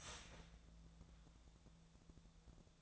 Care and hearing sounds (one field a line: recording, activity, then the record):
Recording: daily activity, microphone in the room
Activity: start toaster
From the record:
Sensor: 3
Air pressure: 1000.2 hPa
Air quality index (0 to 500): 153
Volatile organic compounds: 3 ppm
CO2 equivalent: 1355 ppm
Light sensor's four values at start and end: 37/95/40/43 and 37/95/40/43